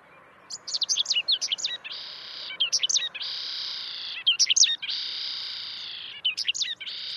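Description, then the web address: Correndera pipit song: quick clusters of high, sharp chirping notes alternating with long, even buzzy notes, repeated several times. "cantos cachirlacomun"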